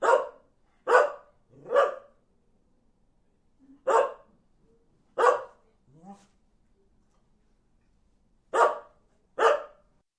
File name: Sound Ideas 2000 Series. Terrier Bark